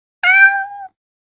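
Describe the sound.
Cat giving a single steady meow of about two-thirds of a second, rich in harmonics and fading slightly at the end, with silence around it.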